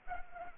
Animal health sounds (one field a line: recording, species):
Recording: mosquito wingbeat signal from an infrared sensor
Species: Anopheles arabiensis